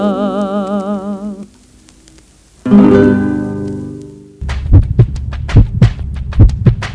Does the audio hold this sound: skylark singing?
no